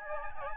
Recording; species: mosquito wingbeat signal from an infrared sensor; Aedes albopictus